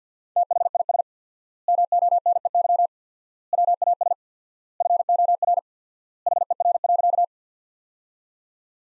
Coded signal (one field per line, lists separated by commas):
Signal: Morse code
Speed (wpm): 50 wpm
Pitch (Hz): 700 Hz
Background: none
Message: THIS MONEY WAS FOR HER.